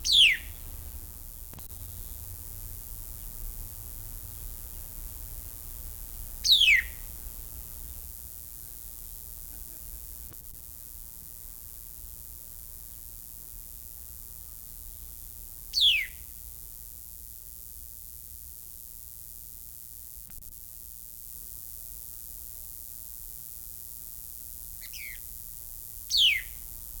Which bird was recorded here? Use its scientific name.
Garrulax sannio